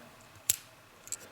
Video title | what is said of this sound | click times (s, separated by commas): Multi-tool Review : Mantis B3 | not a lock but it's snapping in place so there's some tension on there it's not going to close as easy | 0.5 s